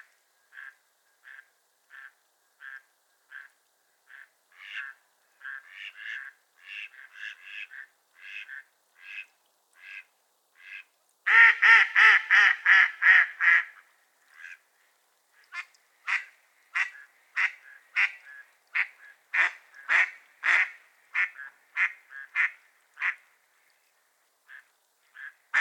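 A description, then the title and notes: Mallard ducks quack in steady repeated bursts, with a loud run of harsh quacks near the middle and quieter calls before and after. A Morning on Otter Creek with a Raft of Ducks. A raft of Mallard Ducks. I left a recorder and microphones attached to a tree close to the bank of the creek. Location: Sleeping Bear Dunes National Lakeshore.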